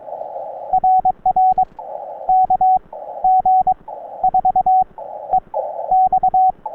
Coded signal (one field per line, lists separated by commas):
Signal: Morse code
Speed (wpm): 22 wpm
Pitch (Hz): 750 Hz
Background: radio noise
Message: RR KG4EX